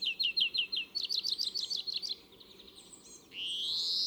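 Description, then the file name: European greenfinch twittering: a fast run of chirped trill notes for about two seconds, then a drawn-out rising nasal wheeze at the end. "Chloris chloris"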